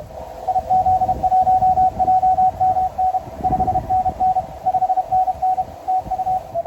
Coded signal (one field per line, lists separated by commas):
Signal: Morse code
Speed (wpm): 31 wpm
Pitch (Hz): 750 Hz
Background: none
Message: IZ1JMN 5NN 5NN TU